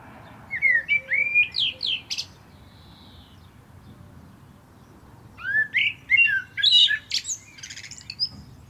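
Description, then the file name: Common blackbird song in two phrases, each of several fluty whistles sliding up and down, topped with sharp, high twittering notes. "Turdus merula"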